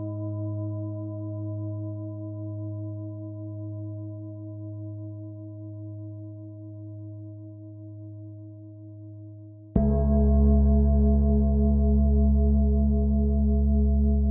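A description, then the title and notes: A crystal bowl hums a low, steady sustained tone with a few quieter ringing overtones above it, slowly pulsing as it fades a little over nine seconds. Just before the ten-second mark a sharp strike brings in a much louder, fuller ring that holds steadily to the end. Crystal bowl sound bath.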